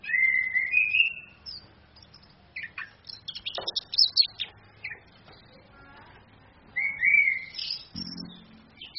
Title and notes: ANIS KEMBANG BETINA CAS DENGAN LAYAR HP. Masteran Anis Kembang